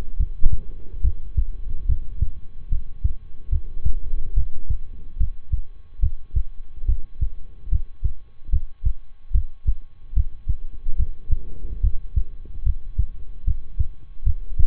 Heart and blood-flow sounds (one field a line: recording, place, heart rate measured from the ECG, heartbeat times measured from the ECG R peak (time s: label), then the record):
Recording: heart sounds by stethoscope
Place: between the tricuspid and mitral areas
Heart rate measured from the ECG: 73 bpm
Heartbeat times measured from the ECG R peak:
0.16 s: heartbeat
1.00 s: heartbeat
1.85 s: heartbeat
2.68 s: heartbeat
3.48 s: heartbeat
4.33 s: heartbeat
5.16 s: heartbeat
5.99 s: heartbeat
6.85 s: heartbeat
7.68 s: heartbeat
8.49 s: heartbeat
9.31 s: heartbeat
10.13 s: heartbeat
10.95 s: heartbeat
11.80 s: heartbeat
12.62 s: heartbeat
13.43 s: heartbeat
14.23 s: heartbeat
From the record:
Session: rest, lying down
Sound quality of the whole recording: good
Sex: male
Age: 23 years